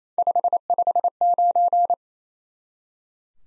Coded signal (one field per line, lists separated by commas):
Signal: Morse code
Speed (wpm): 28 wpm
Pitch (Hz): 700 Hz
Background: none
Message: 559